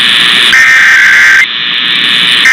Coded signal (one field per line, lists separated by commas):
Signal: Emergency Alert System (SAME) tones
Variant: header bursts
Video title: Tests to Close Out September (EAS #29148-29181) 9/30/25